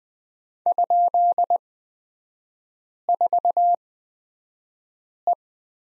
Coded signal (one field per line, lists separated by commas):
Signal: Morse code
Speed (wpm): 20 wpm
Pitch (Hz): 700 Hz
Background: none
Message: ?4E